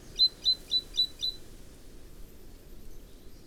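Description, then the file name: Great tit giving a single run of five sharp high notes, slightly fading at the end, followed by quiet background noise. "Parus major"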